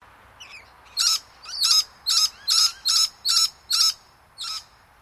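Scaly-breasted lorikeet shrill, screechy calls, eight sharp high bursts repeated roughly every half second, with faint chatter beforehand.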